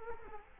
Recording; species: mosquito wingbeat signal from an infrared sensor; Culex quinquefasciatus